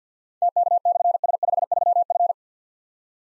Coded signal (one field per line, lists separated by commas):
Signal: Morse code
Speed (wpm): 52 wpm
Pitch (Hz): 700 Hz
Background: none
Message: TK/S53F